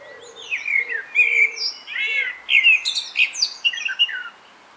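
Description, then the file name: Common blackbird song: a continuous run of mellow warbled notes mixed with sharp high squeaks and twitters, low soft notes underneath at the start. "Turdus merula"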